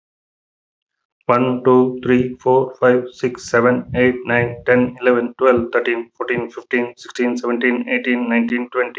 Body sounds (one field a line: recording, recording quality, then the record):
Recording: counting at a fast pace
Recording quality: excellent, no background noise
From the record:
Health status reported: healthy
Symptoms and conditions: hypertension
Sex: male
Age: 52 years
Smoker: not ticked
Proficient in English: yes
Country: India